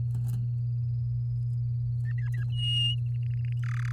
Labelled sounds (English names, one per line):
Domestic Canary song